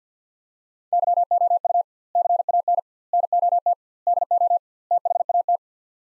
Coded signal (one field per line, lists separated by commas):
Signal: Morse code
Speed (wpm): 50 wpm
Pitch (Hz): 700 Hz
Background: none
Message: YOU CAN NOT DO THAT